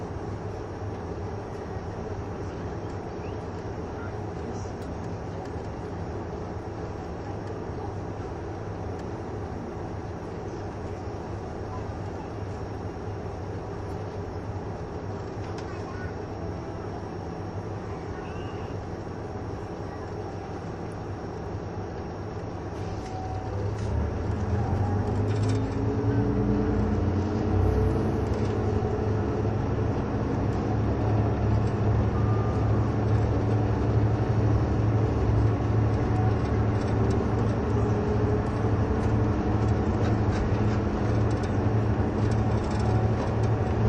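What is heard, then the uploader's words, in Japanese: Running sound aboard the KiHa 71 series Yufuin no Mori diesel train: a steady low rumble of wheels and motion for the first twenty-odd seconds. Around 24 seconds it grows louder as the engine note rises and climbs, then settles into a sustained, droning hum. キハ71系 ゆふいんの森03号02 日田～由布院。走行音(音の旅)。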